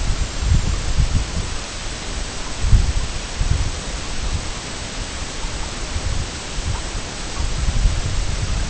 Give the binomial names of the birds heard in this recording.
none